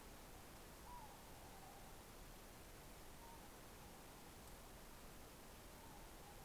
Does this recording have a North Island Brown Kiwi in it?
no